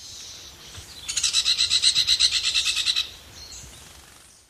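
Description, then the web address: Smoky-brown woodpecker giving a quick, grating rattle of repeated notes for about two seconds. Recorded in Ecuador. "Natures Songs S America Birds of Ecuador. Smoky-brown Woodpecker"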